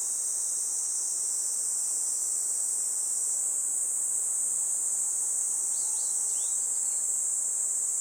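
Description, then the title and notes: Kaempfer cicada chorus, an unbroken high-pitched droning buzz, while a bird gives a few short chirps near the end. Chorus of cicadas in a forest by the Tama River, as they begin singing in summer; birds also calling. "多摩川の森、ニイニイゼミたちの合唱"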